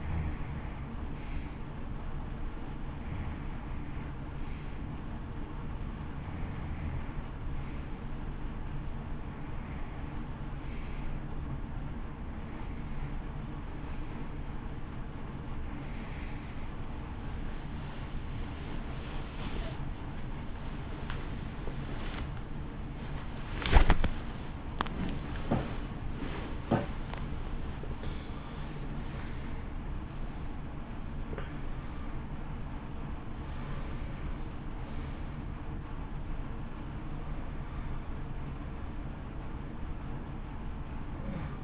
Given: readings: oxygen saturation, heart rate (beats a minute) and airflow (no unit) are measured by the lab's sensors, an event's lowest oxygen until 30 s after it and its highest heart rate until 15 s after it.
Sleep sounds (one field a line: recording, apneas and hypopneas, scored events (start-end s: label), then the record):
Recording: a person awake in a sleep study, by a smartphone at the bedside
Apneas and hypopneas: 1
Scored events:
4.00-34.00 s: new sleep stage, awake
7.00-26.30 s: hypopnea (scored as awake, oxygen 90% highest, then 90% lowest, heart rate 61 at the start, 79 highest)
7.00-35.00 s: awake
34.00-41.64 s: new sleep stage, N1 (lightest sleep)
From the record:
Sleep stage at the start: N1 (lightest sleep)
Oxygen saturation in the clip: 90 to 93%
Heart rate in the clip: 60 to 79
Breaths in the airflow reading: 16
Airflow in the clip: -1.5 to 2.3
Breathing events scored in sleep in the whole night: 328 in 6.3 hours asleep